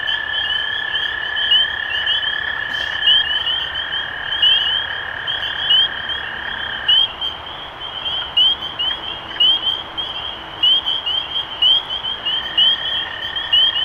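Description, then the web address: Spring peeper chorus of sharp, upslurred peeps from many frogs, plus a sustained even tone that drops out midway and returns near the end. Recorded 23 March 2012. "rob animals Peepers-2012-0323"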